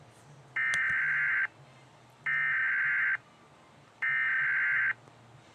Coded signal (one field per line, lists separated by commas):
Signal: Emergency Alert System (SAME) tones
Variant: header bursts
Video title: EAS Scenario: magpie's attack.